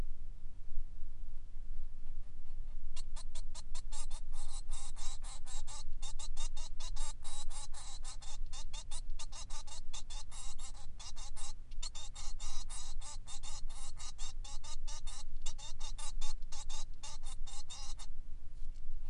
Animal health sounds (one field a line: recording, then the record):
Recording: song of a male Bengalese finch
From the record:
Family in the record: son of father 3